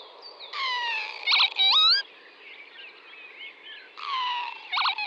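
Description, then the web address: Northern lapwing calls: wheezy, slurred notes that dip then sweep sharply upward, given twice in phrases about three and a half seconds apart, with faint background hiss. "Vanellus vanellus. ns svatomartinska alej"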